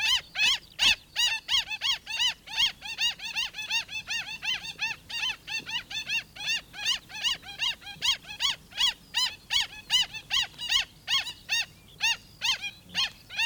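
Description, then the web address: Black stilt yelping calls: sharp, arched, nasal notes repeated rapidly, about two or three each second, in a steady series with faint background hiss. "bird-song black-stilt"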